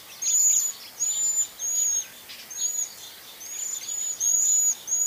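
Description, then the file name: Cedar waxwing giving thin, high, buzzy 'sreee' notes over and over, flat or slightly arched, with fainter lower chirps behind. "Cedar Waxwing Bombycilla cedrorum"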